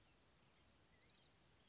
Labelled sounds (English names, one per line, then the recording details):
Orange-crowned Warbler
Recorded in Sonoma County, California